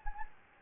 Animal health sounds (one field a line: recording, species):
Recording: mosquito wingbeat signal from an infrared sensor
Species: Anopheles gambiae